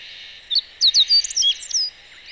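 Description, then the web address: Meadow bunting song, a quick burst of high sharp chirps and slurred notes lasting over a second, over a steady background hiss. Recorded 11 May 2018 by a bird-watching club. "chikushishou bird watching club 2018 5 11 hoojiro"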